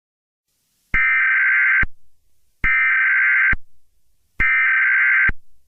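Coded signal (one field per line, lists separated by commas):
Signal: Emergency Alert System (SAME) tones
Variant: header bursts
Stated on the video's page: Fictional EAS scenario; the SAME tones are part of a made-up alert, not a real broadcast.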